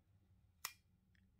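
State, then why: Seated. A kit lens is twisted onto the bayonet mount of a Sony ZV-E10 mirrorless camera, continuing past the point where it resists, since stopping there leaves it not fully mounted. A single short, sharp click is heard at 0.7 s as the lens locks into place, and the camera then works.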